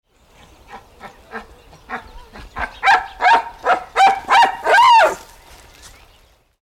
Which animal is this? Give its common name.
Reindeer